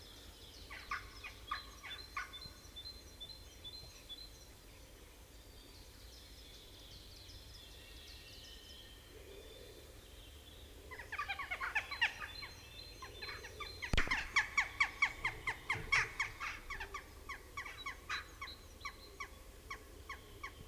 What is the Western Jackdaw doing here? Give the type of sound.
call